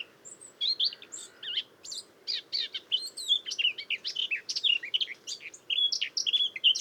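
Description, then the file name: Eurasian blackcap song, a fast, scratchy warble of varied chirps and short whistles running almost continuously over several seconds, with a soft hiss beneath. "Sylvia atricapilla"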